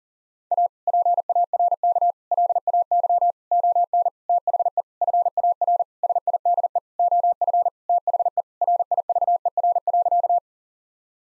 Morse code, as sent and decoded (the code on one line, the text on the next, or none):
.- / .--. .- .-. -.- / .-.. .- -.-- / --- -. / - .... . / ..-. .- .-. / ... .. -.. . / --- ..-. / - .... . / .-. .. ...- . .-. .-.-.-
A PARK LAY ON THE FAR SIDE OF THE RIVER.